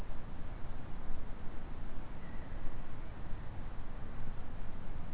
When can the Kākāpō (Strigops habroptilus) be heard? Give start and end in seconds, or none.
none